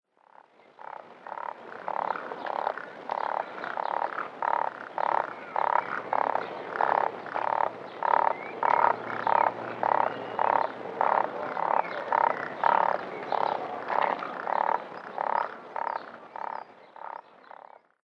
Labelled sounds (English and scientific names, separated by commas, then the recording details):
Demoiselle Crane (Grus virgo)
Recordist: Tembrock, Günter
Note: Schnarren